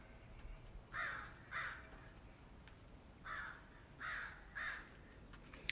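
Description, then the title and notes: Birds giving five harsh caws in two loose groups, with quiet background noise between the calls. Birds singing in the morning. "birds 🐦 singing. Good Morning"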